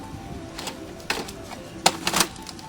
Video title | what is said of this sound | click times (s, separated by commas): Baby Gizmo Orbit Baby G2 Stroller Review | make sure it locks into place put your cargo bag back in | 1.9 s